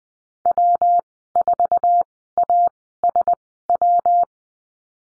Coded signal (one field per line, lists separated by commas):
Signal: Morse code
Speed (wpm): 19 wpm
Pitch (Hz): 700 Hz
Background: none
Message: W4ASW